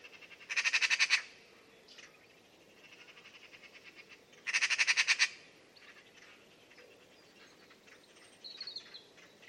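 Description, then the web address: Bird giving two loud, fast-pulsed rattling bursts about four seconds apart, with fainter softer rattles and a thin high note late on. "Deverinetal 2025 File origin Bird Only"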